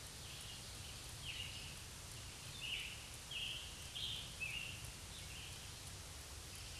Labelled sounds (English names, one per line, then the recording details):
Scarlet Tanager song
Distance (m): 60 m
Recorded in a Pennsylvania forest on 1 June 2023 at 08:06
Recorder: AudioMoth, point grid3_39_low
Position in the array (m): 164 m, 141 m